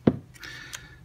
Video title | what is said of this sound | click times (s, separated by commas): Hannibal Short Stroke Trigger Installation for the SIG Sauer SP2022 from Galloway Precision | But just give it a little push and you'll hear it click. | 0.1 s